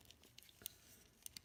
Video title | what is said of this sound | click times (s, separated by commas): Dinobots | it locks in place yay | 0.7 s